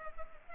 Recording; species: mosquito wingbeat signal from an infrared sensor; Culex pipiens